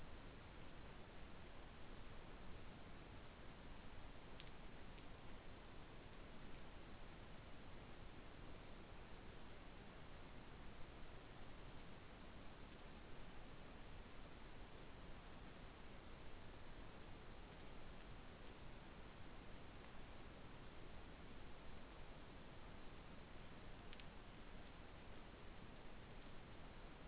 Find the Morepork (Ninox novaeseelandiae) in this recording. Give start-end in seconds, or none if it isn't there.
none